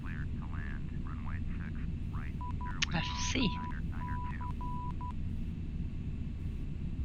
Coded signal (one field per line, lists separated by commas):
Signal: Morse code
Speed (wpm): 12 wpm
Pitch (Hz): 990 Hz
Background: speech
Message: IMC